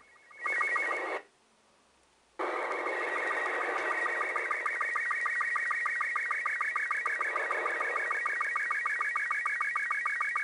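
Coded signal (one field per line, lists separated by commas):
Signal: SSTV (slow-scan television)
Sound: warbling, scanning tones with a steady rapid ticking rhythm under radio hiss, after a short gap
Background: radio static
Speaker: I take it that as a picture I think from the ISS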